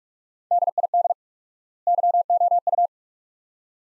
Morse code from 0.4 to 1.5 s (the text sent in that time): DID